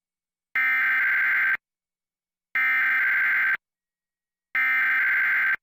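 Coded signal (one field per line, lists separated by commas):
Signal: Emergency Alert System (SAME) tones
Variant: header bursts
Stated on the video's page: EAS alert on public television station KNME-TV.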